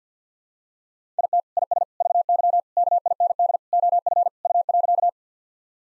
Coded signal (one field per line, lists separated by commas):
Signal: Morse code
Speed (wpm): 50 wpm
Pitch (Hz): 700 Hz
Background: none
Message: IT IS VY KIND OF U.